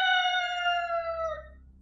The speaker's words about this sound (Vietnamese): Bên ngoài gà đã bắt đầu gáy.